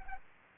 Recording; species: mosquito wingbeat signal from an infrared sensor; Aedes aegypti